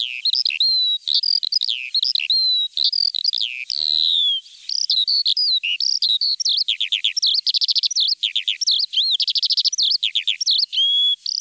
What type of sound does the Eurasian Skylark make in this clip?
song